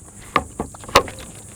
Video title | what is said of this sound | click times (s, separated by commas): I Bought A 16ft MICRO SKIFF Flats Boat for Inshore Fishing!! | controll motor forward locks into place this is super easy | 1.0 s